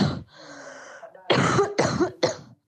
A cough of an asymptomatic person with COVID-19. Really hard to tell the difference, but MIT's AI system could.